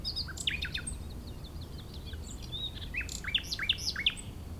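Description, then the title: Common nightingale song: varied whistled and chirped phrases, ending in a run of rapid repeated sharp notes, with a low steady rumble of wind beneath. Wild bird in Chindrieux, France, during peak nightingale season on a sunny day; hidden in scrub; westerly wind; recorder on ground in grass tussocks, tens of metres away, in a small sheltered valley. "Chindrieux, France - Rossignol"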